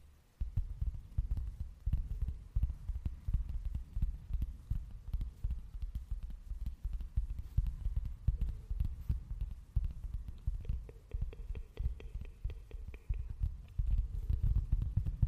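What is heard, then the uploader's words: A steady run of assorted triggers: dense, low thumps and muffled rubbing that keep going almost without pause, with quick crackly taps scattered throughout. A faint high whine briefly rises in the middle, and the thumping grows heavier near the end. Fading In and Out | Assorted Triggers.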